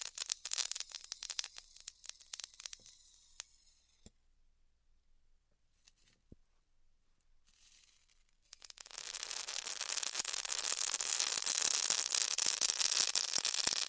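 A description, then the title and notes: Styrofoam being cut with a heated tool crackles and hisses in bright, dense bursts for the first three seconds, then goes almost silent with only a few sharp ticks. Around nine seconds the crackling returns louder and steadier, a thick, fizzing rush that continues to the end. ASMR Styrofoam Heat Cutting (No Talking).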